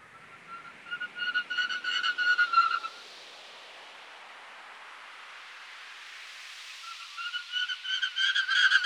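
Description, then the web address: Common snipe with repeated chipping pulsed notes at a quick even tempo, one bout building louder and stopping abruptly, then another building louder after a gap. "darwin 2009. Common Snipe"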